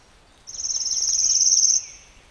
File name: warbler pale legged leaf